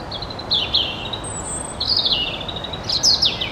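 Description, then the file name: European robin song with thin, wavering high whistles and short trills, closing in quick descending sharp notes, over mild background noise. "Erithacus rubecula"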